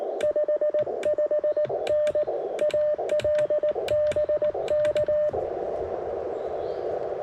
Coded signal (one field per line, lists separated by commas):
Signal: Morse code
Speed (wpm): 18 wpm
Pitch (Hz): 600 Hz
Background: radio noise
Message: 55N AL BK